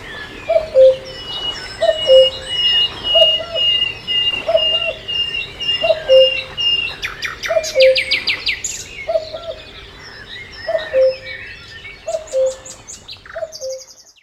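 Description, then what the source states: Cuckoo calling cu-coo around ten times in quick succession while other birds sing, including a long high whistle and buzzy trills. At a lake.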